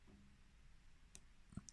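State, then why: Released. A small steel screw is unscrewed from the automatic winding assembly of a 1973 Seiko 5 automatic watch movement. Over a quiet low hum, a brief tick sounds near 1.2 s, then a sharp click at 1.7 s as the seized screw breaks free. The screw's friction has let go and it is now loose.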